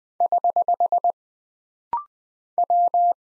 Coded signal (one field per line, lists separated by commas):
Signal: Morse code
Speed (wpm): 20 wpm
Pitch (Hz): 700 Hz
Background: none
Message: <HH> W